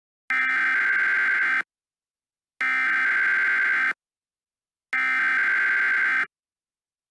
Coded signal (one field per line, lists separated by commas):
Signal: Emergency Alert System (SAME) tones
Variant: header bursts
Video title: EAS Scenario - Before The Dawn